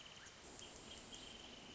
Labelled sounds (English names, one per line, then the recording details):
Wrentit
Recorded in Sonoma County, California